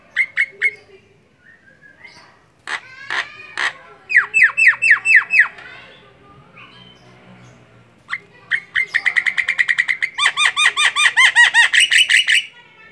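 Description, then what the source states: Javan myna song: mixed chips and grating notes, a short quiet stretch, then a long quick run of rhythmic, ringing, harmonic notes. Singing; the local term for the song style is ngoceh.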